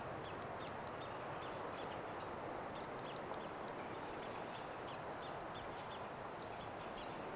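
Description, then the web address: European robin tick calls in three bursts of three to five crisp high clicks, separated by quieter spells with faint soft high notes. "SETE data Erithacus rubecula 291003"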